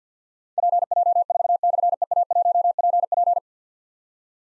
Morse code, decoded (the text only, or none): PJ4/EA1PP